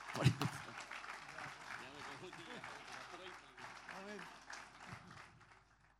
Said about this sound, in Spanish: Bríndele ese aplauso al Señor.